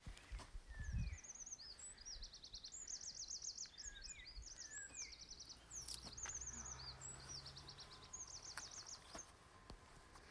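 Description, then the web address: Several birds call at once. High, rapid trilled phrases repeat every few seconds, mixed with short whistled chirps and slurred notes over a soft background hiss. "Deverinetal 2025 File origin Bird Only"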